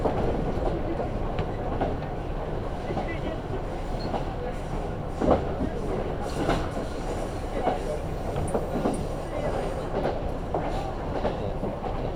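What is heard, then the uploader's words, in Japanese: A train on the Kyudai Main Line running from Tanushimaru toward Kurume, with a steady, dense low rumble throughout. Sharper clacks break through now and then, clustering after the five-second mark, and faint voices may sit underneath. 久大本線 田主丸→久留米。田主丸から久留米まではずっと久留米市内を走ります。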